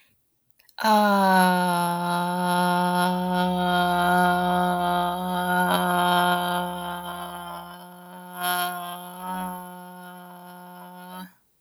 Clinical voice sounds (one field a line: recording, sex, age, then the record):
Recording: vowel held as long as possible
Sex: female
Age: 40 to 49 years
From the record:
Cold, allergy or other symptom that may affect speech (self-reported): no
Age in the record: 46 years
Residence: United States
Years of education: 16